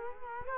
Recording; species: mosquito wingbeat signal from an infrared sensor; Culex quinquefasciatus